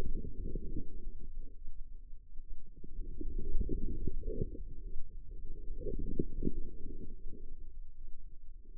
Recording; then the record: forearm muscle sounds (acoustic myography)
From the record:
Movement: inward rotation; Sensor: system 2, bracelet of six BSWA MPA416 microphones around the upper forearm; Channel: 2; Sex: female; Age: 25 years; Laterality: right